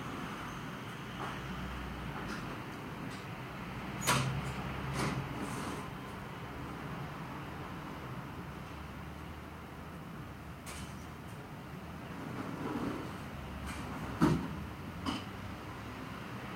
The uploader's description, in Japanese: 私の家の窓辺から録音した環境音